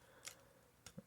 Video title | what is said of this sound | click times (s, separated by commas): [Studio Series] ROTB BattleTrap review | and it should nicely go in. There we go. You can hear that little click. | 0.9 s